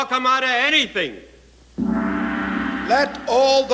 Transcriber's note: soundbite of gong